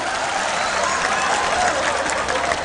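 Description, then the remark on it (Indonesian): An audience breaks into steady applause, a dense crackle of many hands clapping at an even, loud level throughout, with no single claps standing out. “Lu kok enggak berani tepuk tangan, kenapa?”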